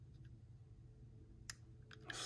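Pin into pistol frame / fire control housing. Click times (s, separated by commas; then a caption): 1.5 s. A pin is pushed into the frame and fire control housing of a compact pistol during a trigger and spring swap. It seats with a sharp little click at 1.5 s, followed by fainter ticks and a rising hiss of handling noise. The pin is confirmed clicked into place.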